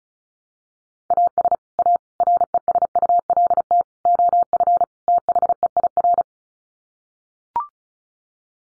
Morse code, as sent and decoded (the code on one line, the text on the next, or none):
.- ... / .- / .-. . ... ..- .-.. - / --- ..-. / - .... . .. .-.
AS A RESULT OF THEIR